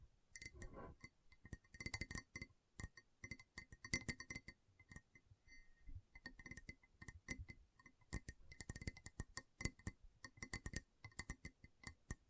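Gentle tapping in quick, uneven bursts of sharp clicks with a faint ringing, glassy tone, brief pauses between clusters, throughout.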